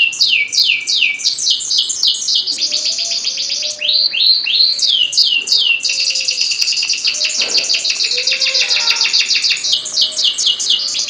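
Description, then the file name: Atlantic canary song with quick repeated falling notes, dense rolling trills and sweeping whistles in an unbroken, energetic stream; faint lower sounds in the background. Domestic canary, standard type. "suara kicauan kenari standar. omkicau"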